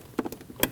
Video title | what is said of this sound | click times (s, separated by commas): How to Replace Downstream O2 Sensor 2013-2019 Ford Escape 1.5L L4 | Wait for the click. | 0.6 s